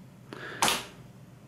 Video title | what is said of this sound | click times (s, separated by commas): [UPGRADE] Low-Profile GRAFIKKRATE und RAM nachrüsten - HP 8200ELITE | wird es zwei mal klappen können nochmal nach drücken ob die auch wirklich eingerastet sind in dem fall sind die wunderbar eingelassen | 0.3 s, 0.6 s